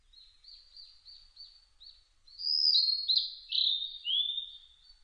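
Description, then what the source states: Blue-and-white flycatcher singing: a soft run of short chirps, then a loud phrase of clear, slurred whistles sliding downward, lasting about two seconds. On 1 July 2006.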